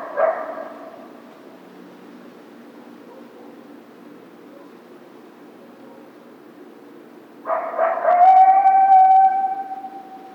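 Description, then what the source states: Coyote howls: a brief burst at the start, then a long pause before a rising, drawn-out tonal howl near the end. Howl, recorded on 2 March 2010.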